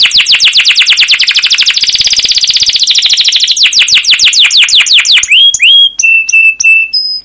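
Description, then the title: Canary song opening with a fast, steady rolling trill of downslurred notes, ending in a few sharp whistled chips and a short pure whistled note. Canary song used as a lure (pancingan) to train other canaries; long gacor song with cuit cuit chirps and ngerol rolling trills. "CUIT CUIT NGEROL LANGSUNG GACOR PANJANG Kenari Pancingan KENAR. Masteran Suara Burung Kenari Gacor Panjang cuit cuit Ngerol untuk Pancingan Kenari!"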